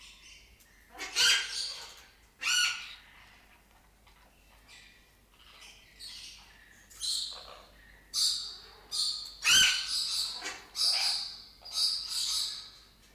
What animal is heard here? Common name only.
Blue-winged Macaw